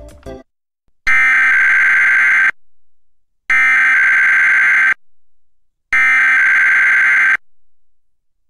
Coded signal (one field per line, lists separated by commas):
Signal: Emergency Alert System (SAME) tones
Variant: header bursts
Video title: EAS #509: EAS Required Weekly Test- May 17, 2021- 11:58AM PDT